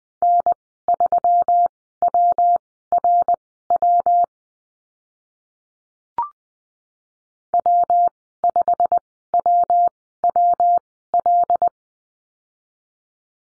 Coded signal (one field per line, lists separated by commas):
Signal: Morse code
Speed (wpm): 20 wpm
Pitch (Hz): 700 Hz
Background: none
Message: N3WRW W5WWL